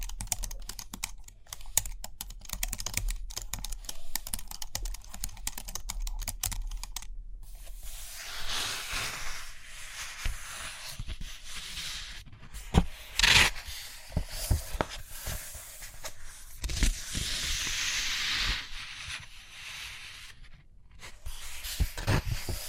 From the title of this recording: Page Turning and Tapping, Writing, Drawing